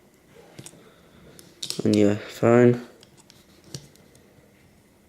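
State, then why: Not seated. A phone's camera module is handled and lowered toward its mount during reassembly in reverse order, with a few faint, brief ticks and taps while someone talks. The clip ends before the part goes home; nothing has seated or clicked yet.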